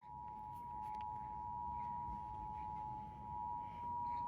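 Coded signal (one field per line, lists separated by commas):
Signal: Emergency Alert System (SAME) tones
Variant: 853 and 960 Hz attention tone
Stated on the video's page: Valid EAS tones and headers for a severe thunderstorm warning, appearing during a SpongeBob SquarePants broadcast.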